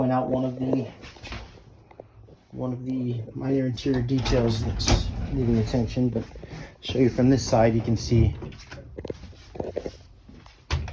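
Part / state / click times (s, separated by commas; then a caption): door catch on an RV interior door / not seated / none. Someone talks beside the door catch on an interior door of a 2016 Thor Palazzo 36.1 RV while the door is handled. Faint knocks come at about 1.9 and 2.0 seconds, and a louder knock comes at 10.9 seconds. The clip ends before the door latches into its holding catch, so nothing has seated or clicked yet.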